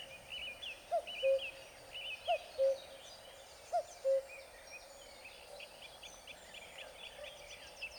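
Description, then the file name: Common cuckoo giving three falling two-note cuck-oo calls in quick succession, then stopping while other songbirds keep chirping and warbling in the background. Recorded on 17 April 2007. "Cuckoo 2007 04 17"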